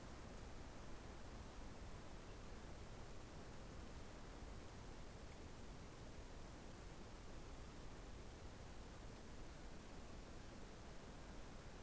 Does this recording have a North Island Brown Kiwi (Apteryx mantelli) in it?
no